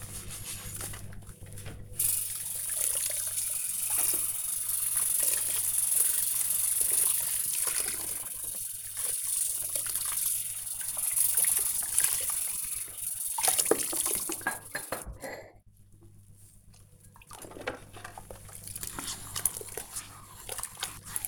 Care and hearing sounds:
household activities, microphone on the right wrist
0.00-21.28 s: washing dishes

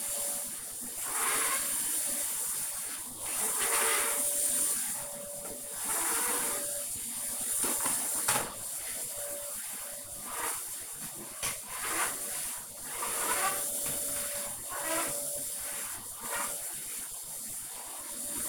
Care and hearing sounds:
household activities, microphone on the right wrist
0.00-18.49 s: vacuum cleaning

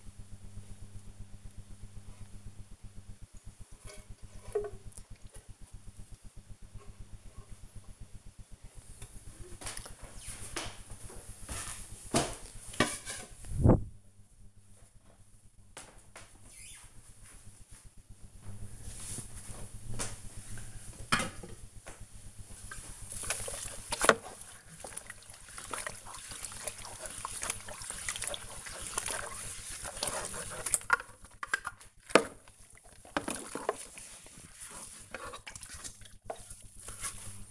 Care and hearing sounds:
household activities, microphone on the right wrist
0.00-13.35 s: watering plant
18.39-37.51 s: washing dishes

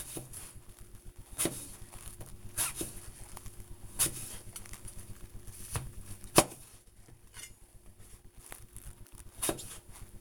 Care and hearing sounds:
household activities, microphone on the right wrist
0.00-10.21 s: cutting vegetables

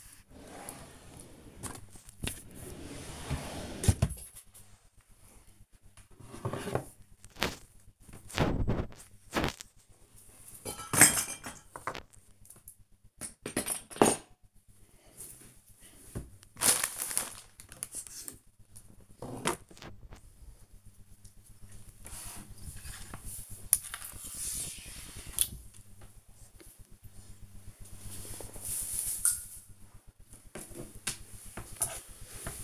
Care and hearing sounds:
household activities, microphone on the right wrist
0.00-32.64 s: tidy up the cupboard

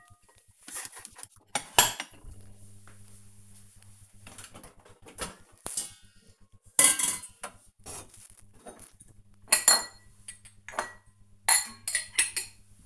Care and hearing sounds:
household activities, microphone on the right wrist
0.00-12.85 s: putting away the dishes

